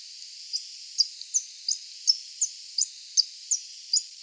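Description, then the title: Coal-crested Finch giving a series of high, sharp notes against a constant faint hiss. "LuckyPassaro Completos2Sama. Coal-crested Finch (Charitospiza eucosma)"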